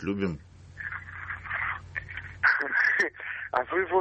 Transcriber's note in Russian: смеется